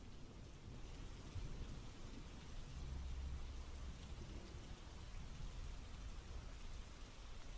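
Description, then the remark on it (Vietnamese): Heavy rain pours in a dense, steady hiss through thick trees in a deep mountain ravine, drops slipping through the leaves, while low thunder rumbles and rolls underneath throughout. No voices are heard. “Cây cối ở đây tuy rậm rạp nhưng cũng không ngăn nổi cơn mưa nặng hạt.”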